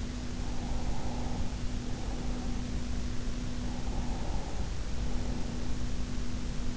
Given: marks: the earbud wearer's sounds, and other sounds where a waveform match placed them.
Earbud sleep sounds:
sounds in sleep by an in-ear microphone; breath
0.29-2.80 s: breath
3.57-5.78 s: breath

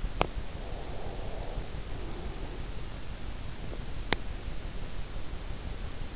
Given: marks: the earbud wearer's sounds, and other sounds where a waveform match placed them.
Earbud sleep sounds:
sounds in sleep by an in-ear microphone; breath
0.31-2.69 s: breath

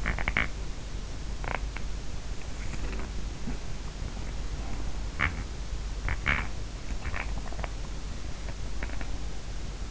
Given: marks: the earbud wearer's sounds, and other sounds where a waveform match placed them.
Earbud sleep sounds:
sounds in sleep by an in-ear microphone; teeth grinding
0.00-9.41 s: teeth grinding

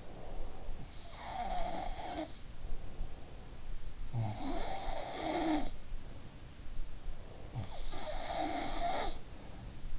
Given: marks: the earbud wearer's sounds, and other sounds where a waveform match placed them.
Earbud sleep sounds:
sounds in sleep by an in-ear microphone; breath
0.00-0.92 s: breath
1.02-3.66 s: sound from someone else or the room
4.11-6.63 s: sound from someone else or the room
7.52-9.93 s: sound from someone else or the room

